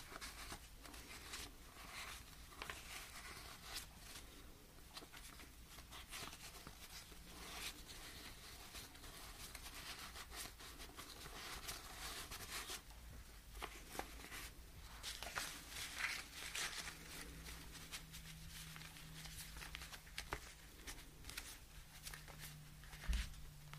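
Cash being sorted, counted and spread out, heard as a steady run of dense, dry papery rustles and quick flicks with no pauses. A low hum sits underneath throughout, with a faint tone rising in the last few seconds.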